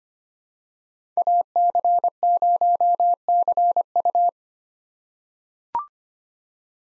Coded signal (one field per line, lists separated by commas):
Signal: Morse code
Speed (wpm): 25 wpm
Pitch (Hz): 700 Hz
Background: none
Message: AC0CU